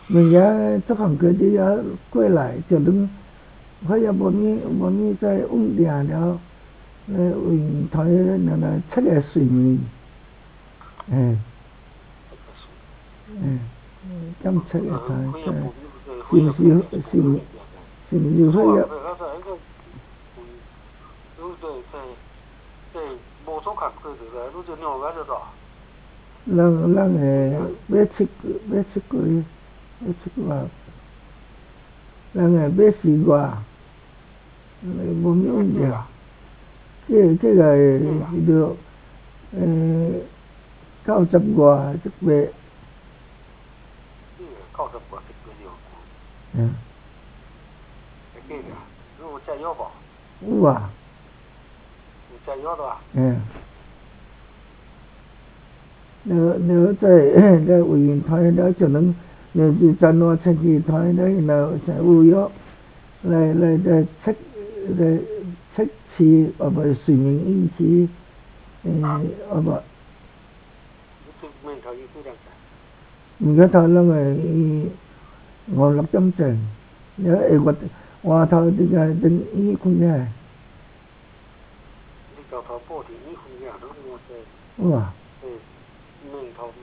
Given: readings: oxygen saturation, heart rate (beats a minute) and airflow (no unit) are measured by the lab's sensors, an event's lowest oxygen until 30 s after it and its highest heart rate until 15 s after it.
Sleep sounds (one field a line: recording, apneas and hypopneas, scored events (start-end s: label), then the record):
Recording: a person awake in a sleep study, by a voice recorder at the bedside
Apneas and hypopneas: none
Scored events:
0.00-86.83 s: awake
From the record:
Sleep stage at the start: awake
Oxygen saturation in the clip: 94 to 96%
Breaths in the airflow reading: 20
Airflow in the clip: -6.2 to 5.4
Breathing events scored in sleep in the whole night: 270 in 6.1 hours asleep